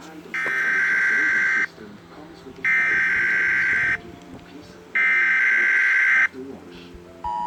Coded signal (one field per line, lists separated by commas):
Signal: Emergency Alert System (SAME) tones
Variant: header bursts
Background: speech